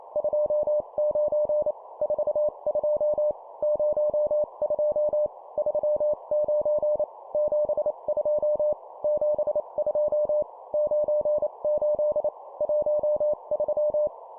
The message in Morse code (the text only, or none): 29 42 02 39 72 72 98 13